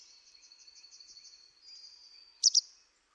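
Bird sounds: a long, high, buzzy trill, followed by one loud, sharp double chirp.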